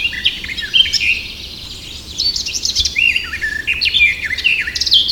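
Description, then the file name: Eurasian blackcap singing a fast, high, varied warble of chattering and fluty notes that runs almost unbroken through the whole five seconds, with a slight dip near the middle. "Sylvia atricapilla"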